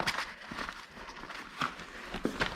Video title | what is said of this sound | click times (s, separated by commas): How To Fold The Hauck Move So Simply Pushchair | should click into place there we go okay | 1.6 s